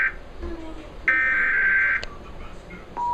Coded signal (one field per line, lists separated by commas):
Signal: Emergency Alert System (SAME) tones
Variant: header bursts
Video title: (EAS#377-381) Radio and TV Required Monthly Test